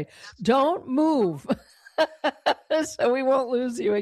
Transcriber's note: laughs